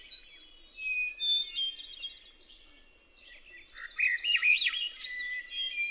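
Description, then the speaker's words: Thrush songs: a higher fluty whistled phrase, then after a pause a lower phrase of rising and falling whistles. Northern bog, North America; a hermit thrush and a Swainson's thrush seemingly alternating their songs. "A hermit thrush and a Swainson's thrush that seemed to be alternating their songs."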